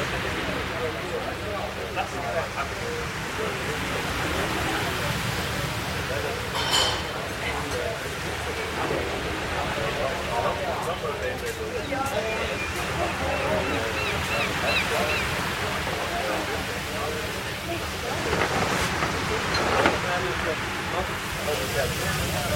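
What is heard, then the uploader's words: Seaside coffee shop ambience: steady murmur of overlapping voices over a constant wash of ocean waves, with brief clinks near seven and twenty seconds. Seaside Coffee Shop Ambience: Cafe & Ocean Waves Sounds.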